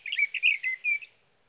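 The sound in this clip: Sage thrasher song: a short burst of rich warbled notes lasting about one second, then quiet.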